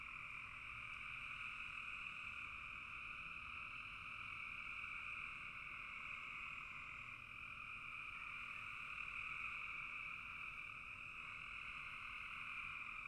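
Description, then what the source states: Frog chorus, a continuous shimmering mass of many high-pitched calls that holds steady throughout, with no other clear sounds. Frogs in a bog.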